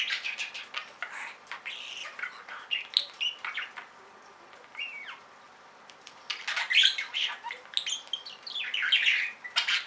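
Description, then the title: Budgerigar chatter with squawks and chirps, a quieter pause in the middle, then busy warbling again. "Budgie Sounds"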